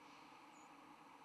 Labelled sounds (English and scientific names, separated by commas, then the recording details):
White-throated Sparrow (Zonotrichia albicollis) flight call
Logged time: 07:49 on 10 November 2014